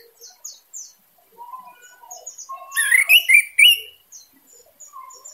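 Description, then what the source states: Orange-headed thrush song: varied short whistled and buzzy phrases at mixed pitches, building into a loud, rich burst of tumbling high notes midway, then softer scattered notes. Singing intensely; Indonesian title describes the bird's voice as anis merah teler gacor dor.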